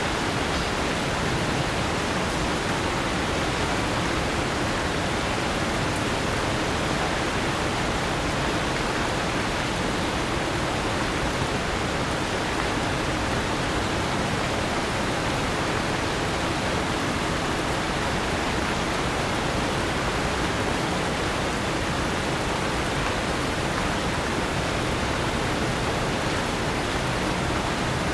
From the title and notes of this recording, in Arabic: عاصفة مطر في المدينة | هطول غزير طوال الليل. في هذه الحلقة، قمنا بتسجيل عاصفة مطرية لا تتوقف في وسط لندن. الساعة العاشرة مساءً والمطر يتساقط بغزارة.